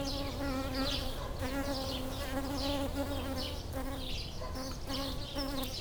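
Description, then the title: Bumblebee buzzing, a steady droning hum with rich harmonics that wavers slightly, overlapping with higher chirping sounds. Bumblebees approaching a flowering lavender, recorded with a pair of microphones placed in the plant. "Abejorros En Flor"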